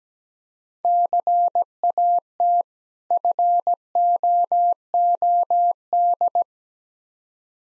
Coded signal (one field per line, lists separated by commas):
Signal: Morse code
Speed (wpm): 17 wpm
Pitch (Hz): 700 Hz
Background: none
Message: CAT FOOD